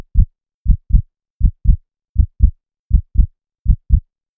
Heartbeat 80bpm.